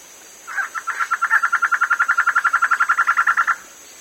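Bird trill: a fast string of evenly spaced mid-pitched pulses, holding a steady pitch for about three seconds.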